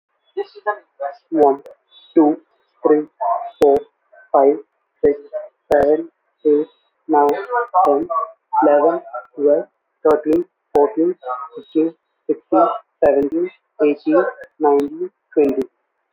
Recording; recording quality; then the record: counting at a normal pace; excellent, no background noise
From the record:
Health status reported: COVID-19 positive, moderate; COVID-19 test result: positive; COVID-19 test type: RT-PCR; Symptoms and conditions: cough, cold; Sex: male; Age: 24 years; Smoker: no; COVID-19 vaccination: both doses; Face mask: not worn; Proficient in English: yes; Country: India